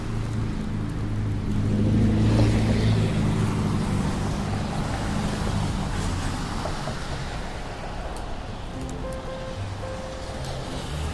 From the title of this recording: Raining Day In New York